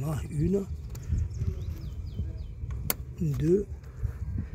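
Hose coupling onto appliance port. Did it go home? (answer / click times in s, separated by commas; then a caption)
yes / 2.9 s. A hose coupling is pushed onto an appliance port as the second of three hoses, and it clicks on with a sharp, loud click at 2.9 s. The coupling is seated. Someone talks before and after the click.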